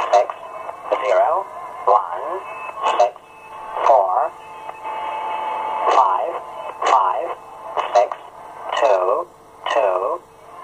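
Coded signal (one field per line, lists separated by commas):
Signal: numbers station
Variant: English Man, English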